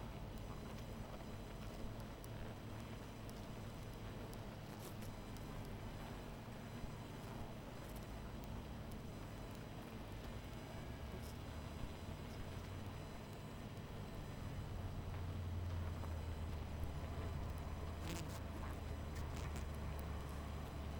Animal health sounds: honeybee colony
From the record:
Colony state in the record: missing queen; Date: 14 July 2017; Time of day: 21:27

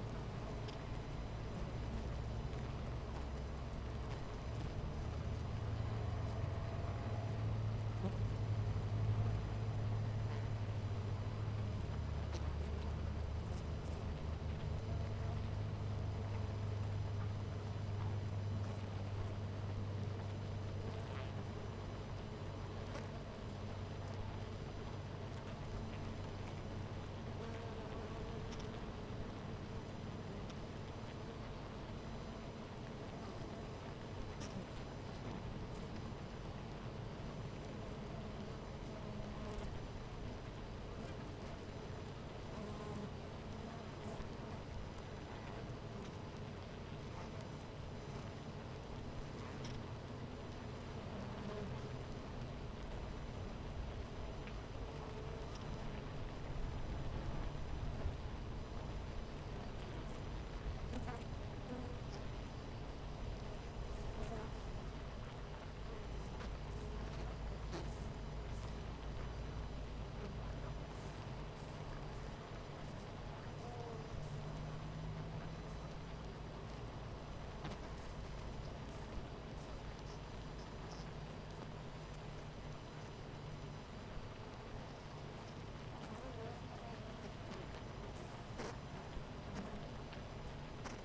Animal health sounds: honeybee colony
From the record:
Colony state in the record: missing queen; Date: 14 July 2017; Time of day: 10:05

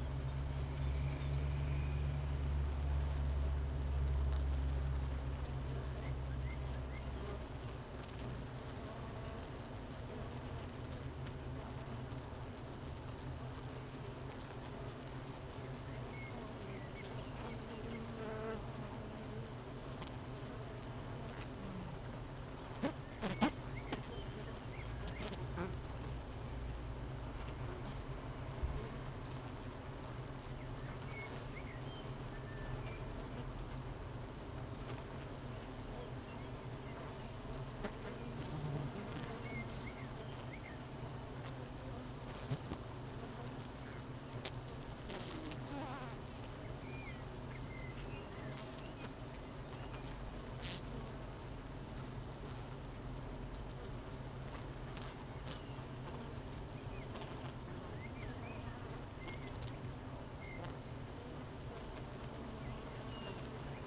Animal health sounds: honeybee colony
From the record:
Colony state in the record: missing queen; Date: 31 May 2018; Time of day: 8:13

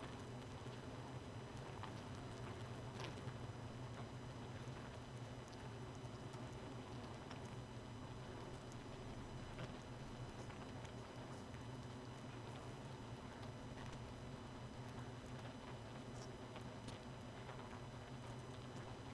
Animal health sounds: honeybee colony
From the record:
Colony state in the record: missing queen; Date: 31 May 2018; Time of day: 0:58

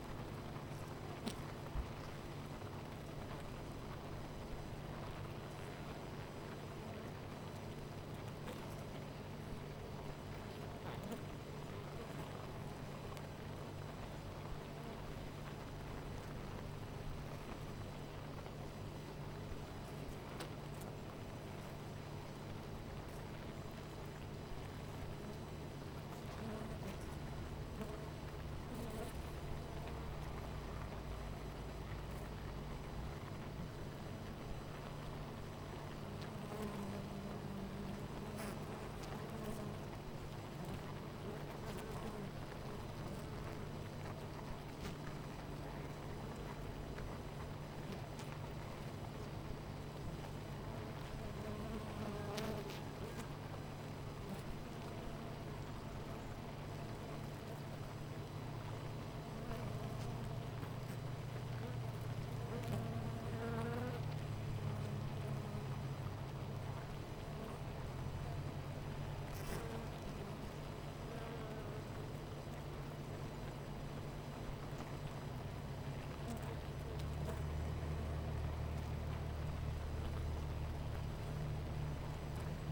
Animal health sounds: honeybee colony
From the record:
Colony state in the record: missing queen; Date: 14 July 2017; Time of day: 9:56

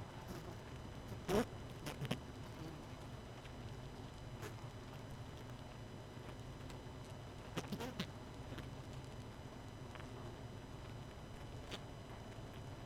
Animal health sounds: honeybee colony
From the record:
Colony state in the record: missing queen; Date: 31 May 2018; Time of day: 22:25

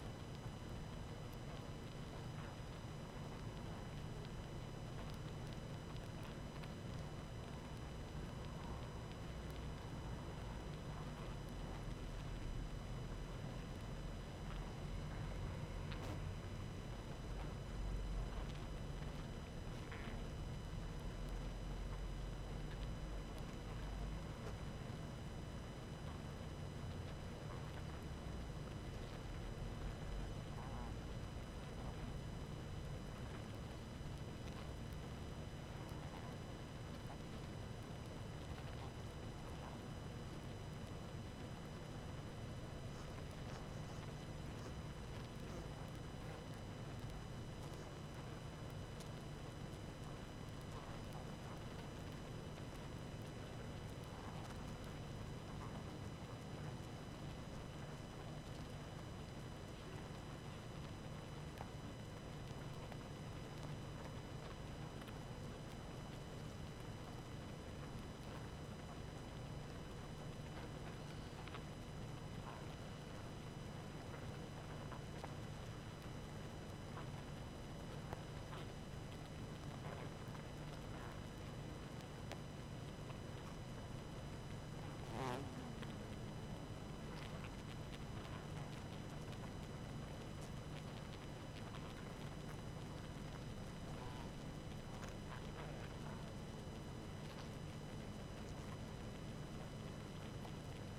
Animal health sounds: honeybee colony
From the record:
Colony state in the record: active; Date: 12 June 2018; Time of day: 19:24

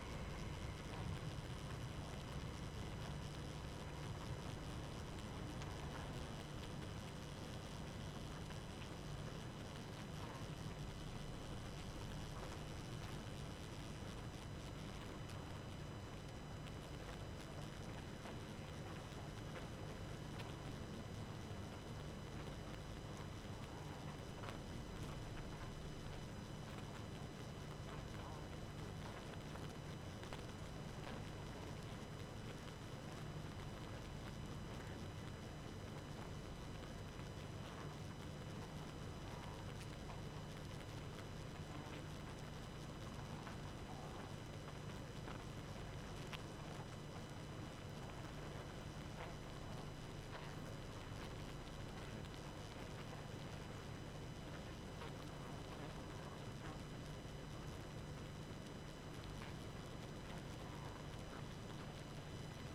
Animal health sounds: honeybee colony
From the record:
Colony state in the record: active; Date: 12 June 2018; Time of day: 23:21

